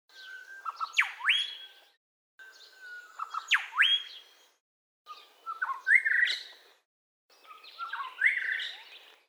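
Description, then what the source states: Bird calling in four separate bursts of whistled and chattering notes, the first two each with a sharp sweep dropping low then rising high, with brief silences between bursts. Call sequence recorded at Lithgow, in stereo.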